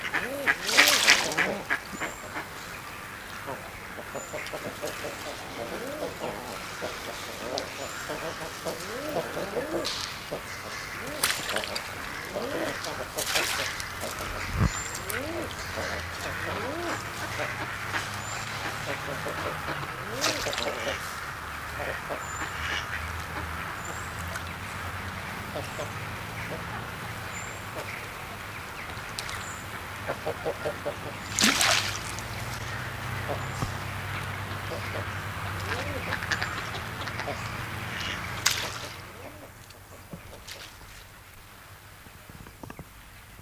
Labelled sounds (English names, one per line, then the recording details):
Common Eider call
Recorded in captivity
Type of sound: call
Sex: group
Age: adult
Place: Zoo Rostock, Mecklenburg-Vorpommern, DE
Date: 1984-02-02 17:05
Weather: overcast, 2°C
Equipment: Nagra SN, Kopie Uher 4000 Report Monitor
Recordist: Tembrock, Günter
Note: Weibchen: Kurzlaute, Männchen: Laute